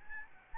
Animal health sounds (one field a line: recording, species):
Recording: mosquito wingbeat signal from an infrared sensor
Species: Aedes albopictus